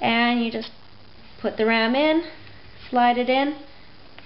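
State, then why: Not seated. Someone talks while a laptop memory module is slid into its slot. Only faint handling noise sits between the words, with a small sharp tick near the end. Nothing has seated or clicked yet; the module is not yet locked into place.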